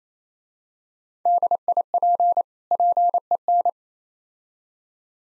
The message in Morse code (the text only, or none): DIP PEN